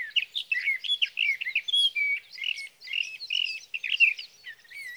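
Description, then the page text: Sage thrasher song, a rich nonstop warble of mixed slurred and whistled notes across five seconds. Male singing through the night near his night roost, Sierra Valley, California, evening of June 12 to morning of June 15, 2018; recorded with a Swift recorder. "61. Sage thrasher songs, through the night. For three nights, from the evening of June 12 to the morning of June 15, 2018, in Sierra Valley, California, I placed a Swift recorder near a male's night roost."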